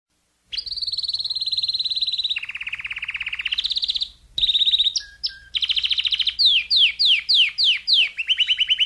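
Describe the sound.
Domestic canary song starting after a brief silence: long steady rolls, a lower pulsed trill, then a series of sharp downward-sweeping notes repeated rapidly.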